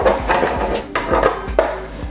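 The back section of a 3D-printed ARC Trooper costume helmet is pulled away from the front section and pushed back onto it, with magnets glued in with E6000 snapping the halves together so the head fits through more easily. Two sharp snaps are heard at 1.0 s and 1.6 s, and the halves are seated.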